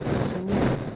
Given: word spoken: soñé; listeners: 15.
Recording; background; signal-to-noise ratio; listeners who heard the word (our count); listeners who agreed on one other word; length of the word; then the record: one Spanish word in noise, from a listening test; noise modulated by three-talker babble; -6.5 dB; 1 of 15; 10 of 15; 0.56 s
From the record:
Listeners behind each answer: 10, 1, 1, 1, 1, 1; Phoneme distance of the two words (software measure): 17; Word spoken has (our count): 2 syllables, 4 phonemes, stress on syllable 2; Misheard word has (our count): 2 syllables, 5 phonemes, stress on syllable 2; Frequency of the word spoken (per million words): 3.29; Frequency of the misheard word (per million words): 10.95